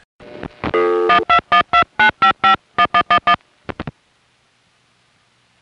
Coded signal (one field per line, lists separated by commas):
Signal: DTMF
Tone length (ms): 100 ms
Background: music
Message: 12129551111